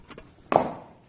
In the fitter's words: ça se clipse dans le trou là et